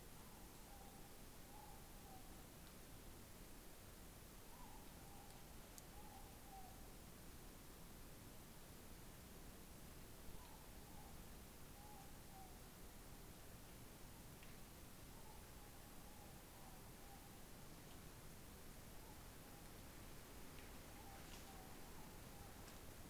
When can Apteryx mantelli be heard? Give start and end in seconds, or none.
none